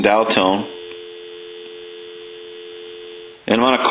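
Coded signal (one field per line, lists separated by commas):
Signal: telephone call progress tone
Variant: North America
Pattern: dial tone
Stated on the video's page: DTMF from a repaired original-model Mickey Mouse telephone during final checkout.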